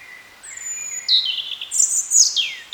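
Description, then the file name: European robin singing a short phrase: a thin drawn-out whistle, a wavering trill, then rapid high notes falling away. "Erithacus rubecula"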